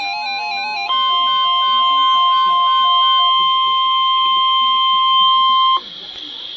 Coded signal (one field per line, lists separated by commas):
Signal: Emergency Alert System (SAME) tones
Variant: 1050 Hz attention tone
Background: speech, music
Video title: EAS Tornado Watch